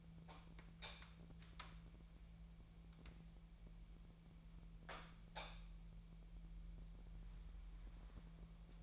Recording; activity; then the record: daily activity, microphone in the room; light on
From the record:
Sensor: 1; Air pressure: 1000.0 hPa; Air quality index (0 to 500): 129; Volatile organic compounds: 2 ppm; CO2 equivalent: 1222 ppm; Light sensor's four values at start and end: 40/102/43/53 and 43/115/47/57